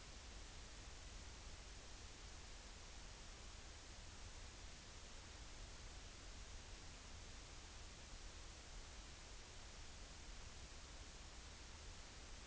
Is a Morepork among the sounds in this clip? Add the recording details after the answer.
no. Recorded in New Zealand on 30 April 2013. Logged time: 02:19. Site Ponui